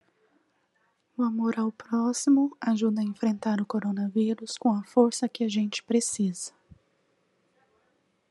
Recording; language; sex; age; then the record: spoken sentence; Brazilian Portuguese; female; 40 to 49 years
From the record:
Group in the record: control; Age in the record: 40 years